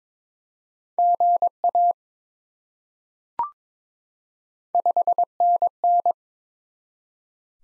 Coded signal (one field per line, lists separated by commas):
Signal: Morse code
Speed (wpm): 22 wpm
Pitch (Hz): 700 Hz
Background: none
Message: GA 5NN